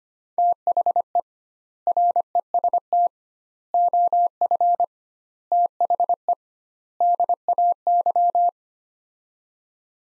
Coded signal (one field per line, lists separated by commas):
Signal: Morse code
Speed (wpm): 25 wpm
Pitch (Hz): 700 Hz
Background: none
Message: THE REST OF THE DAY